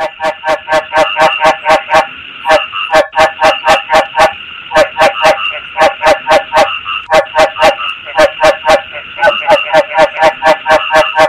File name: tieng ech duc keu goi ban tinh